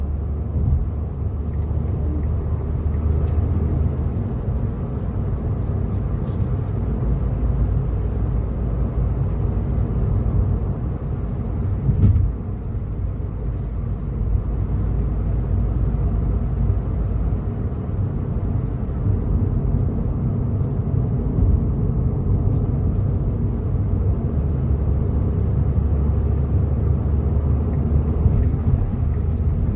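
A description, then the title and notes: A steady low rumble of a car on the highway at night, heavy in the bass and constant throughout, heard from inside the moving vehicle. Faint ticks and small bumps come through occasionally, with a sharper knock around twelve seconds. Late Night Drive On The Highway. The other cars whizz.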